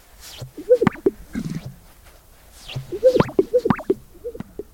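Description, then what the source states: Greater Sage-Grouse display: popping, bubbling notes and soft swishes in two bursts, with quiet gaps between. Males inflate their chests, fan their tail feathers and dance to attract females in the mating display.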